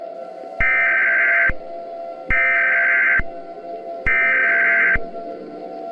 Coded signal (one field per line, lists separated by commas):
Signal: Emergency Alert System (SAME) tones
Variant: header bursts